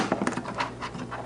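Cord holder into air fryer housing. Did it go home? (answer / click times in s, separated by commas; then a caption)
no / none. A plastic cord holder is pressed hard into the grooves on the back of a Gourmia 8-Quart Digital Air Fryer housing, because it takes a lot of pressure to force it in. Soft scraping, rubbing handling noises are heard, with a sharp brief tap at 0.3 s. Nothing has seated or clicked yet when the clip ends.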